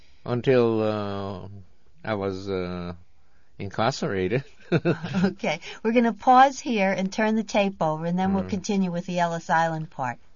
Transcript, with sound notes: Until, uh, I was incarcerated. ( they laugh )
Okay. We're going to pause here and turn the tape over, and then we'll continue with the Ellis Island part.